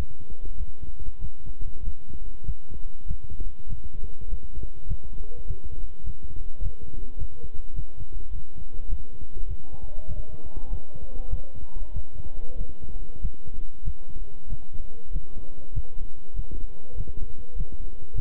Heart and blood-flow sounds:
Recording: heart sounds by stethoscope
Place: between the tricuspid and mitral areas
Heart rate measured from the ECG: 99 bpm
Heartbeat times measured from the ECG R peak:
0.55 s: heartbeat
1.19 s: heartbeat
1.82 s: heartbeat
2.44 s: heartbeat
3.06 s: heartbeat
3.67 s: heartbeat
4.27 s: heartbeat
4.86 s: heartbeat
5.45 s: heartbeat
6.04 s: heartbeat
6.61 s: heartbeat
7.17 s: heartbeat
7.74 s: heartbeat
8.30 s: heartbeat
8.87 s: heartbeat
9.46 s: heartbeat
10.06 s: heartbeat
10.68 s: heartbeat
11.28 s: heartbeat
11.92 s: heartbeat
12.56 s: heartbeat
13.20 s: heartbeat
13.82 s: heartbeat
14.47 s: heartbeat
15.11 s: heartbeat
15.72 s: heartbeat
16.34 s: heartbeat
16.95 s: heartbeat
17.55 s: heartbeat
18.13 s: heartbeat
From the record:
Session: walking at 3.7 km/h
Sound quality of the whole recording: good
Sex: male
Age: 26 years

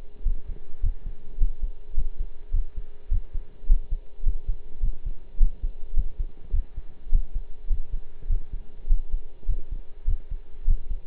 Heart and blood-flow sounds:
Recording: heart sounds by stethoscope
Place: between the tricuspid and mitral areas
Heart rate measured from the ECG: 104 bpm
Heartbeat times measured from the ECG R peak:
0.25 s: heartbeat
0.83 s: heartbeat
1.40 s: heartbeat
1.96 s: heartbeat
2.53 s: heartbeat
3.11 s: heartbeat
3.69 s: heartbeat
4.25 s: heartbeat
4.82 s: heartbeat
5.40 s: heartbeat
5.96 s: heartbeat
6.53 s: heartbeat
7.12 s: heartbeat
7.69 s: heartbeat
8.29 s: heartbeat
8.89 s: heartbeat
9.48 s: heartbeat
10.07 s: heartbeat
10.67 s: heartbeat
From the record:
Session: pedaling a stationary bicycle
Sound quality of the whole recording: partially saturated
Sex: male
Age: 23 years

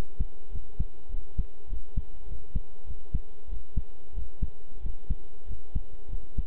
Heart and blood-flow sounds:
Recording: heart sounds by stethoscope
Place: between the tricuspid and mitral areas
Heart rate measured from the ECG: 97 bpm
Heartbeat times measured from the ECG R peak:
0.50 s: heartbeat
1.09 s: heartbeat
1.68 s: heartbeat
2.26 s: heartbeat
2.85 s: heartbeat
3.48 s: heartbeat
4.13 s: heartbeat
4.81 s: heartbeat
5.46 s: heartbeat
6.08 s: heartbeat
From the record:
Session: pedaling a stationary bicycle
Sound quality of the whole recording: good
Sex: male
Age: 23 years

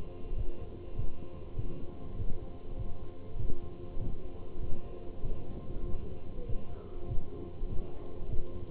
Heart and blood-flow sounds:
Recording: heart sounds by stethoscope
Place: between the tricuspid and mitral areas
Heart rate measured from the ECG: 98 bpm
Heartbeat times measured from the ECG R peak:
0.38 s: heartbeat
0.99 s: heartbeat
1.59 s: heartbeat
2.19 s: heartbeat
2.79 s: heartbeat
3.39 s: heartbeat
4.01 s: heartbeat
4.62 s: heartbeat
5.25 s: heartbeat
5.88 s: heartbeat
6.49 s: heartbeat
7.11 s: heartbeat
7.72 s: heartbeat
8.32 s: heartbeat
From the record:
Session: walking at 3.7 km/h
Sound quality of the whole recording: good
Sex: male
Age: 27 years

